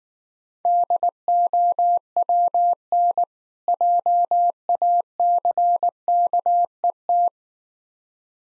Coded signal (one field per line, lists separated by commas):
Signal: Morse code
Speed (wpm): 19 wpm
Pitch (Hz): 700 Hz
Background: none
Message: DOWN JACKET